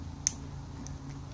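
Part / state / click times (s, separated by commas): action figure leg into torso hip socket / not seated / none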